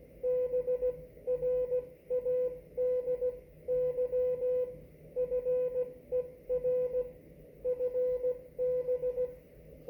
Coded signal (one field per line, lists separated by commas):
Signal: Morse code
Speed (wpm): 16 wpm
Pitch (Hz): 500 Hz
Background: none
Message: BRADY FER FB